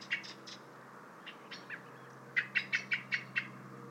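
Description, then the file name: Common blackbird's scattered chinks at first, then a steady row of six loud, metallic clicks. "Turdus merula"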